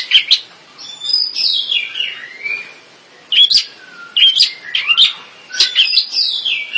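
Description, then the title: Long-tailed shrike singing: falling whistled slurs mixed with sharp chips, delivered in separate phrases with short gaps between them. "Kicau Burung Pentet"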